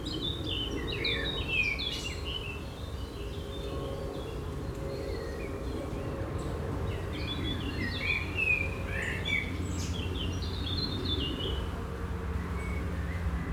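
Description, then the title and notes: Birds twittering busily, rapid high chirps and slurred notes in clusters, over a continuous low hum and background drone. Birds at a canola field on a mild late spring afternoon in Schuir, Essen, Germany. "Schuir, Essen, Deutschland - essen, canola field, bees, birds and plane. An einem Rapsfeld an einem milden Frühlingsspätnachmittag. Der Klang von Bienen in den Rapsblüten, das Zwitschern von Vögeln und ein Flugzeugüberflug. Projekt - Stadtklang//: Hörorte"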